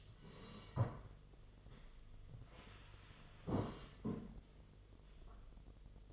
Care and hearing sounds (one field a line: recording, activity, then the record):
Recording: daily activity, microphone in the room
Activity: sit down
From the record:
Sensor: 4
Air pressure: 1006.1 hPa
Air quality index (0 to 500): 100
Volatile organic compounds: 2 ppm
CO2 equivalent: 1260 ppm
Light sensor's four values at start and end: 12/28/11/10 and 12/28/11/10